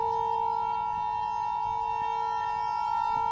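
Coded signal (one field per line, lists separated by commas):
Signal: Emergency Alert System (SAME) tones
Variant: 853 and 960 Hz attention tone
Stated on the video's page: Fake, hypothetical EAS scenario about a tornado outbreak.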